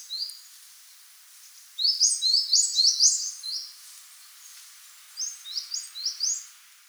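Eurasian Blue Tit calls: a rapid, loud run of many high, thin chirps, followed after a pause by a softer group of several.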